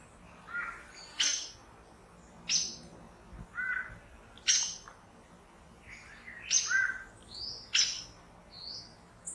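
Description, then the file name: Saffron toucan with scratchy, sharp high notes spaced a second or two apart, mixed with lower warbling whistles. "Canto do aracari banana"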